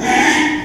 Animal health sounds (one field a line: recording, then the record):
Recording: squeal of a Yucatan mini pig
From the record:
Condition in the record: after surgery on the right vocal fold (resection and tissue-engineered implant)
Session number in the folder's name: 3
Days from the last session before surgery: 33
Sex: male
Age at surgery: 12 weeks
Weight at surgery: 13 kg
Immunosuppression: cyclosporine, prednisolone